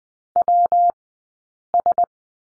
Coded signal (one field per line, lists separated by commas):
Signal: Morse code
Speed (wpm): 19 wpm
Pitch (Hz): 700 Hz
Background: none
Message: W S